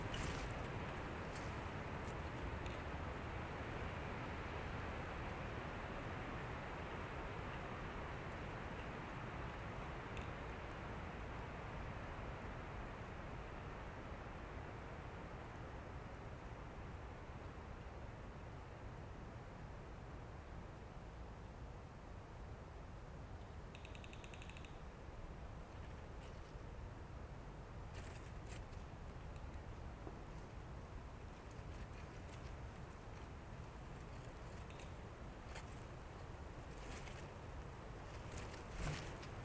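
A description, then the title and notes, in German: Gusty wind before the rain, a dense continuous roar heavy in the low range, with the upper hiss fading somewhat after the first fifteen seconds. Brief bright clicks and ticks appear around 24 seconds and scattered through the final fifteen seconds. Boeiger Wind vor dem Regen. Hatten für 19:00 Sturm angekündigt. Da ich dies vor dem Fuchsbau gemacht habe, weiss ich nicht, ob das alles nur Blätter und Zweige waren.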